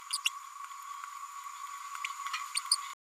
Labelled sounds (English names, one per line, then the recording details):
Green-rumped Parrotlet babbling
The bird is a female
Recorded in a nest box in Venezuela
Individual 17B102A5